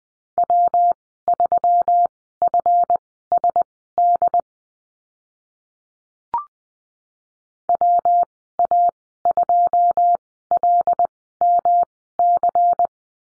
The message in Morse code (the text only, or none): W3FSD WA2LMC